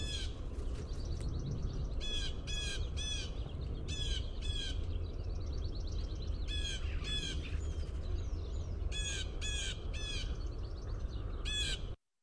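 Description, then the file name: Blue jay giving harsh, nasal jeer calls in bursts of one to four notes, repeated throughout, over steady background noise. "BLJA jeer"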